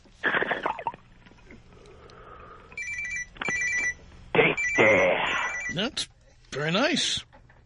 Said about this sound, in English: Now my alarm will sound like a phone. Beautiful. Let's try this one. Oh, yeah. That's a good one. Yeah, I like that one. So imagine your alarm goes off and she thinks it's a phone.